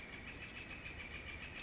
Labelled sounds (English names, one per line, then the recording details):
Northern Flicker
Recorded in Sonoma County, California